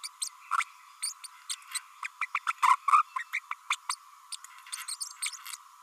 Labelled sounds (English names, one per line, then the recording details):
Green-rumped Parrotlet babbling
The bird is a female
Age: 30 days
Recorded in a nest box in Venezuela
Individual 17B32A5